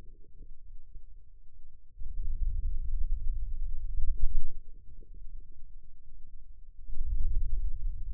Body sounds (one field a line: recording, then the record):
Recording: forearm muscle sounds (acoustic myography)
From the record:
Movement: wrist extension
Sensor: system 2, bracelet of six BSWA MPA416 microphones around the upper forearm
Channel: 1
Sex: male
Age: 22 years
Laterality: right